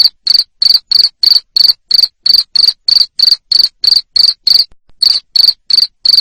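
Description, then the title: Cricket giving loud rapid chirps, about three a second, one short pause before the final few. Loud cricket chirping played to stimulate lovebirds to sing continuously. "Suara JANGKRIK NGERIK Keras Bikin LOVEBIRD Jadi NGEKEK Terus"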